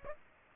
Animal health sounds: mosquito wingbeat signal from an infrared sensor; Aedes aegypti

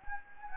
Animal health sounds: mosquito wingbeat signal from an infrared sensor; Anopheles gambiae

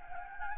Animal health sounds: mosquito wingbeat signal from an infrared sensor; Anopheles gambiae

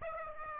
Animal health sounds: mosquito wingbeat signal from an infrared sensor; Aedes aegypti

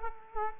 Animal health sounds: mosquito wingbeat signal from an infrared sensor; Culex quinquefasciatus

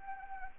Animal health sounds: mosquito wingbeat signal from an infrared sensor; Anopheles arabiensis

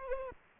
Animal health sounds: mosquito wingbeat signal from an infrared sensor; Aedes aegypti

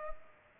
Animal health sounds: mosquito wingbeat signal from an infrared sensor; Culex pipiens

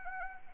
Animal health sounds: mosquito wingbeat signal from an infrared sensor; Anopheles arabiensis

